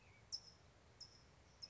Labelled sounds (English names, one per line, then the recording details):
California Towhee
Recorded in Sonoma County, California